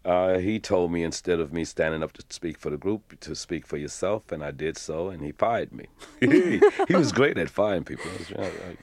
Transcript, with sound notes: He told me instead of me standing up to speak for the group, to speak for yourself. And I did so, and he fired me.
(LAUGHTER)
He was great at firing people.